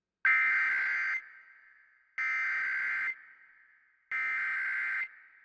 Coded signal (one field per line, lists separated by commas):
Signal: Emergency Alert System (SAME) tones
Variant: header bursts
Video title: KSL-TV EAS Anomaly (TeleBLUE test)